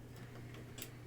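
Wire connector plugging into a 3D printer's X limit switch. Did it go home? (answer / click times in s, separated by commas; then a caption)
no / none. A wire connector plug for the X-axis limit switch on a Creality Ender 3 Pro 3D printer is lined up by finger behind a small cover and pushed toward the switch's socket. There are light handling ticks over a steady low hum, with a brief brighter tick near 0.8 s. Nothing has seated or clicked yet.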